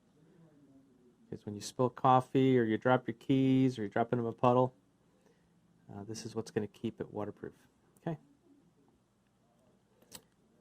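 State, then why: Seated. Someone talks while the two plastic halves of a 2008 CR-V key fob shell, with the waterproof seal in place, are pressed back together after a battery change. A short, sharp snap is heard at 10.2 s as the halves click shut.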